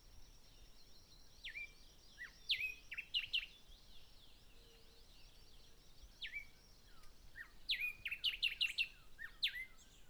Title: Hato Corozal, Casanare, Colombia - Aves Cantando